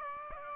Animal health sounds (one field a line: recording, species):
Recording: mosquito wingbeat signal from an infrared sensor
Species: Aedes aegypti